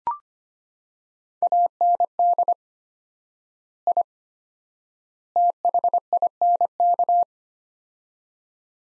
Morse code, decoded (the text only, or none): AND I THINK